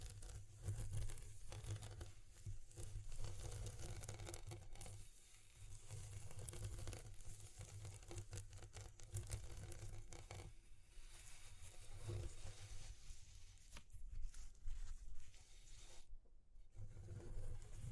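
Continuous rough rustling and tearing textures fill the whole stretch, dense and busy with frequent crackly bursts. A heavy low rumble runs underneath throughout, with brighter scraping flurries around 10 to 14 seconds and a brief dip near 16 seconds.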